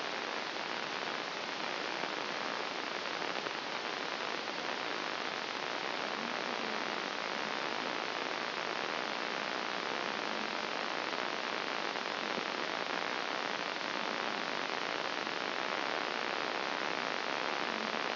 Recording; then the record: brain microelectrode recording played as sound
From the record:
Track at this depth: outside the subthalamic nucleus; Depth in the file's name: 1.238 mm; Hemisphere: left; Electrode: 2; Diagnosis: Parkinson's disease